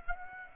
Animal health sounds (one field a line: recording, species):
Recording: mosquito wingbeat signal from an infrared sensor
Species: Aedes aegypti